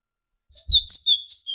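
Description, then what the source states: Great tit song: high whistled notes alternating up and down in a quick seesaw pattern, with a soft low thump near the start. Masteran recording: a training recording for songbirds.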